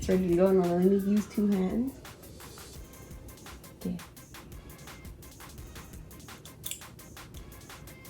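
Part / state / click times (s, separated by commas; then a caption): earring stud into clasp back inside disposable piercing unit / seated / 6.7 s. Someone talks at the start. Then a disposable plastic ear-piercing unit is squeezed with two hands until the earring stud passes through the earlobe and meets the clasp back, giving soft rustles and small taps. The stud seats into the back with a sharp double click at 6.7 s.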